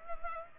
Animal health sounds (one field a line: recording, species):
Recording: mosquito wingbeat signal from an infrared sensor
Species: Culex pipiens